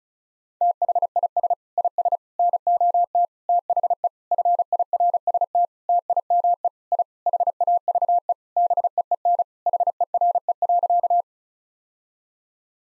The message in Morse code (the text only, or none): THIS IS NOT THE FIRST TIME I HAVE BEEN HERE.